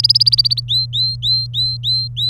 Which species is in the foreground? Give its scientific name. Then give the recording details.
Serinus canaria. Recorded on 27 April 2018 at 14:13. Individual llb3